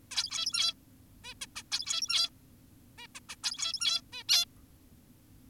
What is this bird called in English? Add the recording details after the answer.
Zebra Finch. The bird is an adult. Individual g17y2U